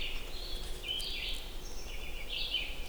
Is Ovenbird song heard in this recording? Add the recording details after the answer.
no. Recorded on 20 June 2016 at 09:10. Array SBT-6-76